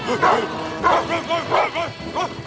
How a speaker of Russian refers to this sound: Карета проезжает мимо телеги. От нее за каретой бегут собаки. Собаки лают на висящего под каретой мужчину.